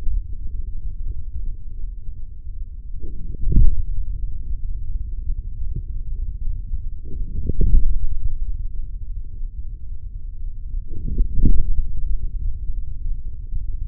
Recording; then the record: forearm muscle sounds (acoustic myography)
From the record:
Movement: forearm pronation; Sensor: system 3, bracelet of six PUI Audio POM-2738L microphones around the upper forearm, with dedicated amplification and filtering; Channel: 1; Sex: male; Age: 56 years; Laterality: right